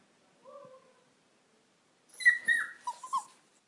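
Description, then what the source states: Dog: puppy whimpering, a soft low whine followed by a burst of higher, wavering cries that rise and fall in short pulses. A puppy crying.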